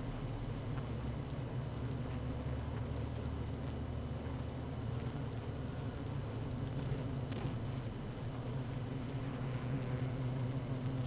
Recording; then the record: honeybee colony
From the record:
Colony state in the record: active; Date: 12 June 2018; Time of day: 17:01